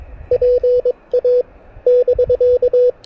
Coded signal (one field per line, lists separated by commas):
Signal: Morse code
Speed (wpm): 21 wpm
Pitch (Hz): 500 Hz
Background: none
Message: PA <BK>